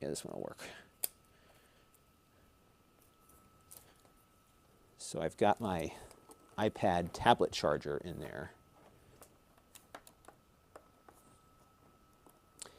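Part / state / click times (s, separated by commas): power cable plug into video switcher power port / not seated / none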